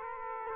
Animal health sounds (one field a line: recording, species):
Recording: mosquito wingbeat signal from an infrared sensor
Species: Aedes aegypti